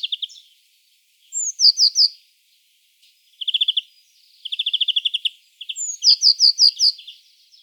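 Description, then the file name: Eurasian blue tit calling: series of thin, high, descending notes alternating with quick trills of repeated lower notes, in several bursts with short pauses between. "Cyanistes caeruleus"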